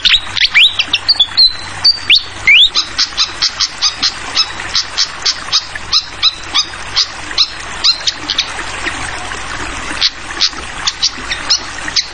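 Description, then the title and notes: Fantail singing: a few rising whistled notes, then a long run of rapid high chirps, with continuous flowing-water noise throughout. Tutoring recording (masteran) for training songbirds, featuring a clear-voiced fantail flycatcher mixed with the sound of flowing water. "Masteran Sikatan Kipas Suara Jernih Dan Suara Gemericik Air. Suara Burung Sikatan Londo"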